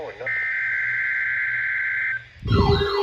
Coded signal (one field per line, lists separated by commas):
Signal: Emergency Alert System (SAME) tones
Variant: header bursts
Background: speech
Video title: alerts I captured while my computer was in the ER - 6/3/24 - 6/18/24 (EAS #1107 - 1114)